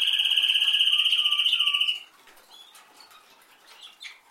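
Canary song, a loud pulsing trill for two seconds, then a sudden drop to faint scattered chirps.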